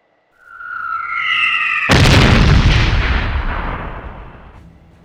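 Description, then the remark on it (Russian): A wavering, horn-like klaxon tone from a wall swells up, then a loud, roaring blast of rising explosions erupts and rumbles on for a few seconds before cutting off. No one speaks. “Впоследствии Кацухиро не был уверен, разбудил ли его нарастающий шум взрывов или живой клаксонов, доносящихся со стены.”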